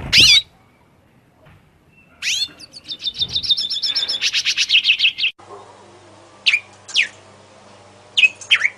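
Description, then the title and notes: Oriental magpie-robin song: sharp high notes, then a fast run of buzzy repeated chirps, later a few loud whistled downslurs over a steady low hum. Long-duration kacer song used to train cage birds. "Master Kacer Durasi Panjang. Suara Masteran Burung Kacer Durasi Panjang"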